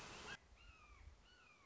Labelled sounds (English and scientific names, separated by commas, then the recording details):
Red-shouldered Hawk (Buteo lineatus)
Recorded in Sonoma County, California